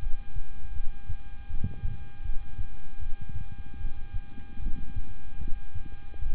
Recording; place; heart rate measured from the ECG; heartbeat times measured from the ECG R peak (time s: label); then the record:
heart sounds by stethoscope; between the tricuspid and mitral areas; 77 bpm
0.73 s: heartbeat
1.47 s: heartbeat
2.22 s: heartbeat
2.99 s: heartbeat
3.78 s: heartbeat
4.59 s: heartbeat
5.38 s: heartbeat
6.19 s: heartbeat
From the record:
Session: rest, lying down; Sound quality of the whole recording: good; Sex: male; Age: 26 years